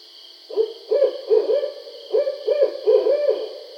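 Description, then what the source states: Barred owl calling a series of low, throaty hoots grouped into two rhythmic phrases, with constant high-pitched buzzing in the background. Recorded 20 July 2012.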